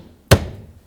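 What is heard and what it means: A plastic window switch panel on a 1997–2001 Lexus ES300 is slid into the door trim panel at the front, then pressed in at the back, snapping in with a single loud thunk at 0.3 s that fades within about half a second. The panel snaps in but does not sit fully down because the part is slightly swollen.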